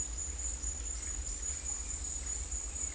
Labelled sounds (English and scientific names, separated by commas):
none